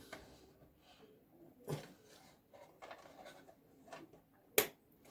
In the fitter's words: there you go you should hear it clicks down